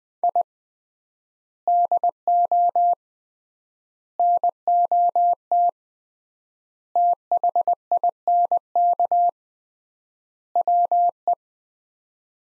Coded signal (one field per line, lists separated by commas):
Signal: Morse code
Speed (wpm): 20 wpm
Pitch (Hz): 700 Hz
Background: none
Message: I DO NOT THINK WE